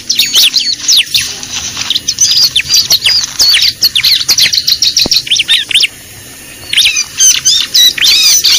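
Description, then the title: Lovebird calls: sharp high-pitched chirps and squeaky screeches in quick runs, a brief pause near the end before the chatter resumes. Lure recording used for attracting lovebirds (pikat). "PIKAT BURUNG LOVEBIRD"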